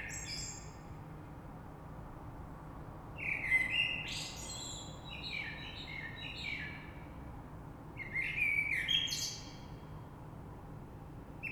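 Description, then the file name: Common blackbird song: several unhurried phrases of fluty warbling and squeaky, higher twittering notes, separated by pauses of faint background noise. Recorded 3 March 2020. "Rush Merle"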